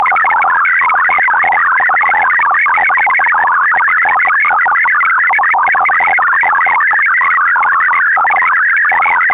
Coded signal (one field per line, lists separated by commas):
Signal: multi-tone FSK (Olivia or MFSK type)